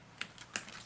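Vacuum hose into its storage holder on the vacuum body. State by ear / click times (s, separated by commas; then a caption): seated / 0.2 s, 0.6 s. A vacuum hose on a Sebo Felix vacuum cleaner is slid back into its storage holder on the canister body. Two sharp clicks are heard at 0.2 s and 0.6 s, with a fainter tap between them, as the hose locks into place. The hose ends up seated in its holder.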